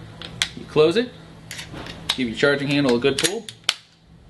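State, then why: Seated. Someone talks while the charging handle of a RAP4 468 paintball marker is pulled hard so the hammer and bolt lock to the rear. A sharp metallic click sounds at 3.7 s as the charging handle and bolt lock back into place.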